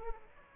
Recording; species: mosquito wingbeat signal from an infrared sensor; Aedes aegypti